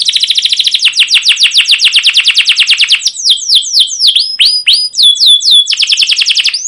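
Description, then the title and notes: Canary singing a quick rattling series of downslurred chirps, then slower swooping cuit notes and sharp whistles, finishing with a rapid buzzy trill. Canary "cuit cuit" chirping song used as a lure (pancingan) and tutor (masteran) to stimulate and train young canaries to sing long. "CUIT CUIT NGEROL LANGSUNG GACOR PANJANG Kenari Ini AMPUH Utk Pancingan KENAR. PANCINGAN Kenari GACOR PANJANG Cuit CUIT EMOSI ini AMPUH utk MASTERAN Kenari PAUD belajar BUNYI. burung kenari"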